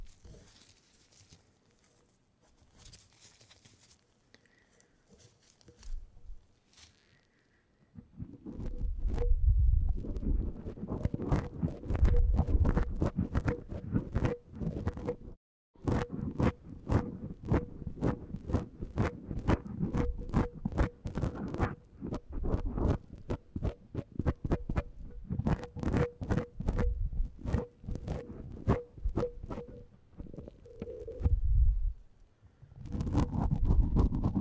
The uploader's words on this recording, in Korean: 마이크를 팁브러시로 슥슥 ASMR (feat. 라텍스장갑, no talking).